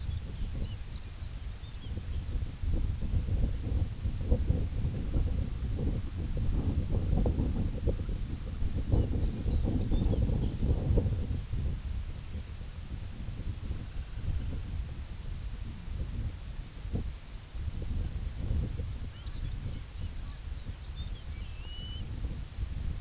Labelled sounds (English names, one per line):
Lapland Longspur
unidentified sound